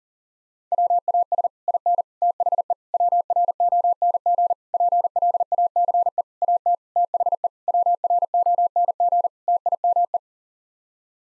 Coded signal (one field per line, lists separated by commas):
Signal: Morse code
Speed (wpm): 37 wpm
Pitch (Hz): 700 Hz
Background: none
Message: WAS IN THE WRONG PLACE AT THE WRONG TIME